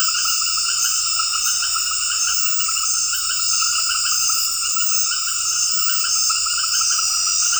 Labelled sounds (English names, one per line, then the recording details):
none
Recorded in dense forest near Puerto Asís, Putumayo, Colombia, on 18 February 2024 at 21:00
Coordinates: 0.484, -76.317
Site G6464